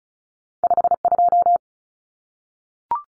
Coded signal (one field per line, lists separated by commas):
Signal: Morse code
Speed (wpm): 34 wpm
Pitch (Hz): 700 Hz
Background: none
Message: 52